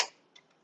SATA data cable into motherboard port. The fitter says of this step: yep i heard the click and actually one thing that we should talk about is that those things only fit one way